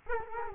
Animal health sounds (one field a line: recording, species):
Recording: mosquito wingbeat signal from an infrared sensor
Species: Culex quinquefasciatus